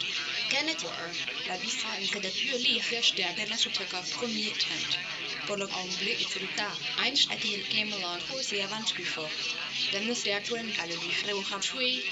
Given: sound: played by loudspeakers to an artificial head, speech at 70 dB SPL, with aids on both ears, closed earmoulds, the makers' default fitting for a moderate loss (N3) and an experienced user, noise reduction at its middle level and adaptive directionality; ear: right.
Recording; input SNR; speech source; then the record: speech test signal (ISTS) in cocktail-party noise; +6 dB; in front (0 degrees)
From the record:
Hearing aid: class 1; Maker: A